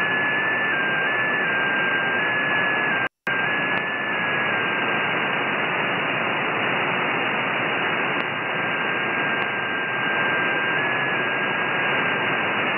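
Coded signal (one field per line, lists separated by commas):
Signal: JT65, JT9 or WSPR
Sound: steady hiss with one faint whistle slowly hopping between nearby pitches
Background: radio static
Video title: 10 meter band opening jt65 digital mode june 9th 2017 2145 UT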